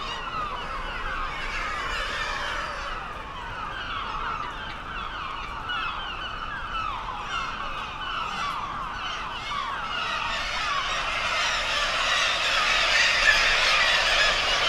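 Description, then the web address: Black-legged kittiwake colony calls, a dense continuous chorus of many overlapping nasal, harmonic wailing calls, growing louder and busier toward the end. "sound Black-legged-kittiwake. صدای-پرنده-کاکایی-پاسیاه"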